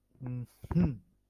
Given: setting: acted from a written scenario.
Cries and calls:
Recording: vocal sound without words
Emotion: pride

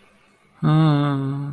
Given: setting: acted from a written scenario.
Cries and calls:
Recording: vocal sound without words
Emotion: sadness

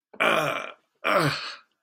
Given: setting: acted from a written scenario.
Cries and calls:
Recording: vocal sound without words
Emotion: pain

